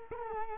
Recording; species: mosquito wingbeat signal from an infrared sensor; Culex quinquefasciatus